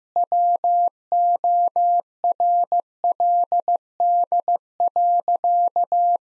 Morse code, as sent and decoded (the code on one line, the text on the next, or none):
.-- --- .-. .-.. -.. .-.-.-
WORLD.